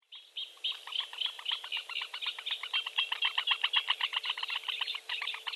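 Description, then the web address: Eurasian bittern chicks chirping, a dense rapid stream of short high notes, several each second, overlapping and continuous throughout. "suono del cinguettio dei pulcini del tarabuso maggiore"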